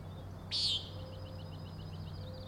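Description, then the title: Common nighthawk gives one sharp buzzy peent early on, followed by fast high chattering pulses that continue to the end over low hum. Three birds giving peenting calls, flying in close follow-the-leader formation, remarkably close to the recordist; Overlook, Schoodic Head, Acadia National Park, Winter Harbor, Maine; 16 June 2017, 4am. "Common Nighthawks, Schoodic Head 061617 4am"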